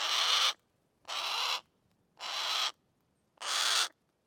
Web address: Soundmind - Predatory Birds. Harris Hawk (Heniek) - Call, Squawk Shriek, Harsh